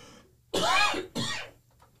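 Two loud, harsh coughs in quick succession from an adult woman in a small room; a plain cough in someone who is not otherwise sick.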